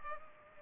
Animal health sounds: mosquito wingbeat signal from an infrared sensor; Culex pipiens

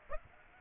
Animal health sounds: mosquito wingbeat signal from an infrared sensor; Aedes aegypti

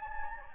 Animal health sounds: mosquito wingbeat signal from an infrared sensor; Anopheles gambiae

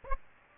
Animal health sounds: mosquito wingbeat signal from an infrared sensor; Aedes aegypti

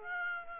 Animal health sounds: mosquito wingbeat signal from an infrared sensor; Aedes aegypti

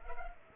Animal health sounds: mosquito wingbeat signal from an infrared sensor; Culex pipiens

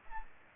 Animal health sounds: mosquito wingbeat signal from an infrared sensor; Aedes aegypti

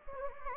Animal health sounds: mosquito wingbeat signal from an infrared sensor; Anopheles gambiae

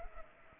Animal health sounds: mosquito wingbeat signal from an infrared sensor; Culex pipiens

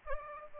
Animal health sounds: mosquito wingbeat signal from an infrared sensor; Aedes aegypti

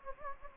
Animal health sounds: mosquito wingbeat signal from an infrared sensor; Anopheles gambiae

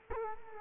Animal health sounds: mosquito wingbeat signal from an infrared sensor; Culex quinquefasciatus

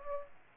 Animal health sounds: mosquito wingbeat signal from an infrared sensor; Aedes aegypti

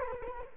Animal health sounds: mosquito wingbeat signal from an infrared sensor; Culex quinquefasciatus

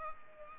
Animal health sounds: mosquito wingbeat signal from an infrared sensor; Culex pipiens

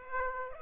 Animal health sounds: mosquito wingbeat signal from an infrared sensor; Aedes aegypti

